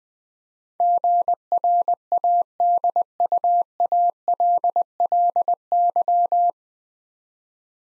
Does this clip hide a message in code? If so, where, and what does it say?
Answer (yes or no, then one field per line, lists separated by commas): yes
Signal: Morse code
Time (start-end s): 0.8-6.5 s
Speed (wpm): 20 wpm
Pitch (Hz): 700 Hz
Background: none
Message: GRADUALLY